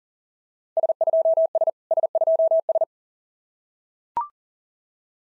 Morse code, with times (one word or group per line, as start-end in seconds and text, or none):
0.8-1.7 S2S
1.9-2.8 S2S